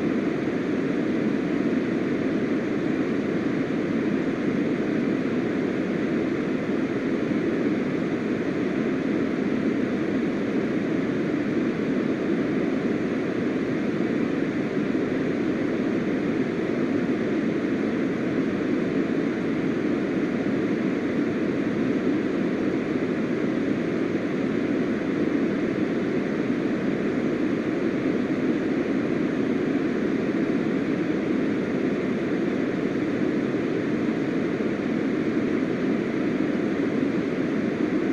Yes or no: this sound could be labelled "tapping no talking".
no